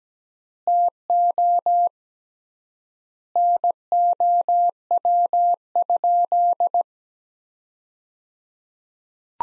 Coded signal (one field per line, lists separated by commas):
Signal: Morse code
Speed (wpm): 17 wpm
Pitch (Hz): 700 Hz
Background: none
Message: TO NOW?